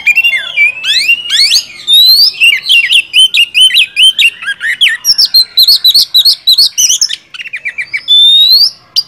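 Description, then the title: Oriental magpie-robin song, a dense continuous stream of varied whistles, rising slurred notes and sharp chirps with little pause, ending on a long upslurred whistle. Kacer masteran (tutor) recording used to draw a kacer into singing gacor until it becomes a contest champion. "Masteran Kacer Yang Sukses Memancing Kacer Gacor Sampai Jadi Juara"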